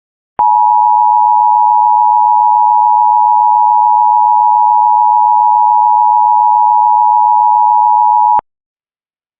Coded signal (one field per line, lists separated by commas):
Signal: Emergency Alert System (SAME) tones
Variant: 853 and 960 Hz attention tone